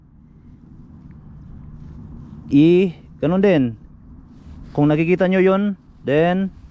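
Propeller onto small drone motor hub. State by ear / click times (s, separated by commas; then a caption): not seated / none. A plastic propeller is being pressed onto the motor hub of a DJI Spark drone, to be turned until it locks. Someone talks over a low background hum, with only a faint tick near 1.1 s. Nothing has seated or clicked yet when the clip ends.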